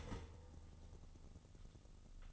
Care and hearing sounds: daily activity, microphone in the room; start toaster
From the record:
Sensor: 4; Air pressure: 1007.9 hPa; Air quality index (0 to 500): 105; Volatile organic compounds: 1 ppm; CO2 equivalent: 779 ppm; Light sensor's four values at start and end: 9/19/8/8 and 9/19/7/8

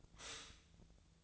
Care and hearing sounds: daily activity, microphone in the room; stop toaster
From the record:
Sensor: 3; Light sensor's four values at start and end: 32/80/34/36 and 32/80/34/36

